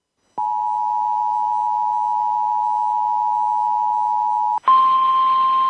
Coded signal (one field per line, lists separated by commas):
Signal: Emergency Alert System (SAME) tones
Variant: 853 and 960 Hz attention tone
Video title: SVR for Raleigh (late upload) #EAS